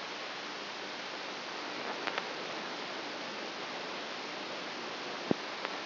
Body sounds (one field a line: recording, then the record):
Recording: brain microelectrode recording played as sound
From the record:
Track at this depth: inside the subthalamic nucleus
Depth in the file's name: 5.84 mm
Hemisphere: right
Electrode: 2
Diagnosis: Parkinson's disease